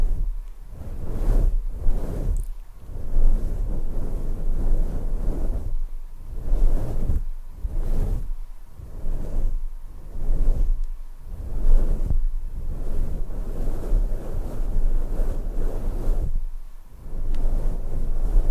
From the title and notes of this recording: ASMR SCALP MASSAGE 1 HOUR, ASMR INTENSE SCALP MASSAGE, ASMR SCALP MASSAGE.